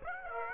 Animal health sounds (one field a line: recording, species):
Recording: mosquito wingbeat signal from an infrared sensor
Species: Aedes aegypti